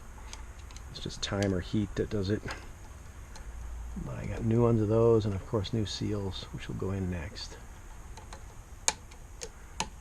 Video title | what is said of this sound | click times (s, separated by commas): Jeep Liberty CRD cylinder head cover assembly and install | there we go there's that satisfying click again beautiful | 8.9 s